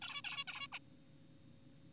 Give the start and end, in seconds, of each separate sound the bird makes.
0.02-0.22, 0.25-0.44, 0.48-0.67, 0.73-0.79